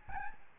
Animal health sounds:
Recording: mosquito wingbeat signal from an infrared sensor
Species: Aedes albopictus

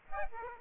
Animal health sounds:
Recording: mosquito wingbeat signal from an infrared sensor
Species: Aedes aegypti

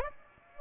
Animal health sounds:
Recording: mosquito wingbeat signal from an infrared sensor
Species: Aedes aegypti

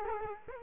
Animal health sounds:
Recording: mosquito wingbeat signal from an infrared sensor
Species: Culex quinquefasciatus

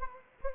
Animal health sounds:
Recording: mosquito wingbeat signal from an infrared sensor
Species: Anopheles arabiensis

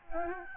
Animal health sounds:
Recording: mosquito wingbeat signal from an infrared sensor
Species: Aedes albopictus

